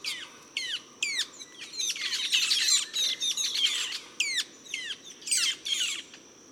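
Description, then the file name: Metallic starling calls: a busy series of sharp, metallic downslurred notes and chattering squawks, overlapping as from several birds, high-pitched throughout. "Aplonis Metallica"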